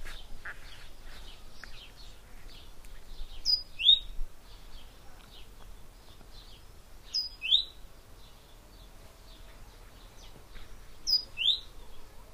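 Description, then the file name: Great tit call: high two-part phrase, short tone then rising note, repeated three times roughly every four seconds, with busy twittering of other birds at the start. "Parus major"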